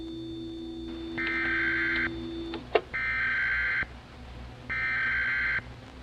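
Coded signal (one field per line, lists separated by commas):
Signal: Emergency Alert System (SAME) tones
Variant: header bursts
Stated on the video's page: Sound effect taken from a recording of the national EAS test, used in a fictional story.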